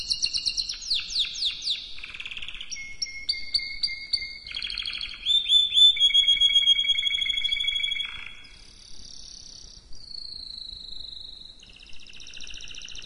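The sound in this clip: Canary song opening with fast, repeated descending sweeps, then layered whistled trills, ending in softer sustained tones.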